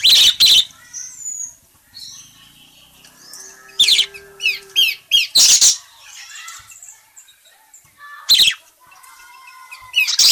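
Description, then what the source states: Parakeet calls: sharp, high squawks spaced a few seconds apart, with soft warbling chatter in the gaps. Calling; described as gacor, meaning it calls vigorously and often.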